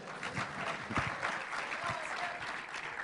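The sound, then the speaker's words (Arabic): Steady applause from an audience of students welcoming a sheikh to a talk, many hands clapping in a dense, continuous patter at moderate loudness without pause through the whole stretch. “صفقوا شوي بعد زيادة.”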